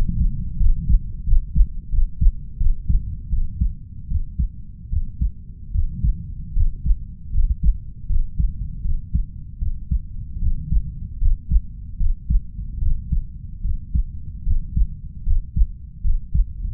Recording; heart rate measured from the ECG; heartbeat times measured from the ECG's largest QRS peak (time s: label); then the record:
heart sounds by stethoscope; 78 bpm
0.57 s: heartbeat
1.24 s: heartbeat
1.89 s: heartbeat
2.57 s: heartbeat
3.29 s: heartbeat
4.07 s: heartbeat
4.89 s: heartbeat
5.71 s: heartbeat
6.53 s: heartbeat
7.31 s: heartbeat
8.06 s: heartbeat
8.81 s: heartbeat
9.58 s: heartbeat
10.39 s: heartbeat
11.18 s: heartbeat
11.97 s: heartbeat
12.78 s: heartbeat
13.61 s: heartbeat
14.43 s: heartbeat
15.23 s: heartbeat
16.01 s: heartbeat
From the record:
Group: healthy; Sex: female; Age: 32 years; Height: 168 cm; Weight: 61.9 kg